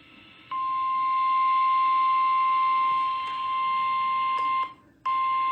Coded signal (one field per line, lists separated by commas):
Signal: Emergency Alert System (SAME) tones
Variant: 1050 Hz attention tone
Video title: Pre-Independence Day EAS Marathon! July 3, 2022 (EAS#630-650)